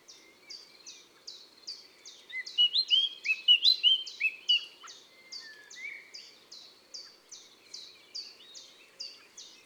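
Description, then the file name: Common blackbird song: a loud, warbled fluty phrase in the middle, set against a continuous train of high, regularly repeated notes. From a collection of bird songs of woods and forests. "Merle noir Chants doiseaux des bois et des forets"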